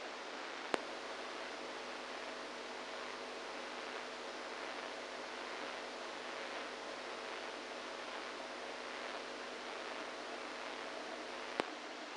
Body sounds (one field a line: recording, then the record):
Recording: brain microelectrode recording played as sound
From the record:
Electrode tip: inside the subthalamic nucleus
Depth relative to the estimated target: -3 mm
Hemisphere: right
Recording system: NeuroSet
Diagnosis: Parkinson's disease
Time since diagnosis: 27 years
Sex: male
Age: 62 years